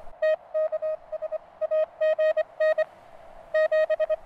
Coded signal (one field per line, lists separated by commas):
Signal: Morse code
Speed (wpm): 17 wpm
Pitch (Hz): 610 Hz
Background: none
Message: TKS AGN 7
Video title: First Radio Contacts On The French Riviera.